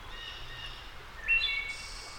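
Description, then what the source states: Wood thrush singing: after a quiet start, a brief fluty phrase of clear whistles leads into a high, shimmering trill. Soft hiss continues throughout. Returning wood thrush.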